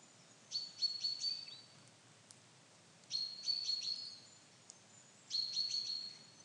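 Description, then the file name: Common chaffinch: high, sharp notes stacked over a thin level whistle, three bouts about two and a half seconds apart. "Fringilla coelebs"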